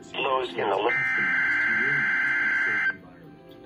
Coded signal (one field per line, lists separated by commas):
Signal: Emergency Alert System (SAME) tones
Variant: header bursts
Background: speech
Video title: EAS #891 (RWT) Wisconsin Tornado Drill in Green Bay